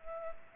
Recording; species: mosquito wingbeat signal from an infrared sensor; Culex pipiens